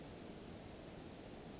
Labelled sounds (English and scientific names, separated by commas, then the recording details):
Western Flycatcher (Empidonax difficilis)
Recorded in Sonoma County, California